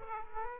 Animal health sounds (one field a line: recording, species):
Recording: mosquito wingbeat signal from an infrared sensor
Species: Aedes aegypti